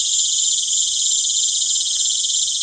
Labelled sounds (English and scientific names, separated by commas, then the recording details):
none
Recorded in pastures near Puerto Asís, Putumayo, Colombia, on 22 June 2025 at 19:00
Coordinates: 0.502, -76.324
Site G010